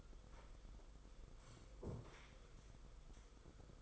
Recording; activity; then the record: daily activity, microphone in the room; sit down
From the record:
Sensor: 5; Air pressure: 990.7 hPa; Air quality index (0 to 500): 150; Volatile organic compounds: 164 ppm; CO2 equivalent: 4080 ppm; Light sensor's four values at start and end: 45/135/52/56 and 45/136/52/56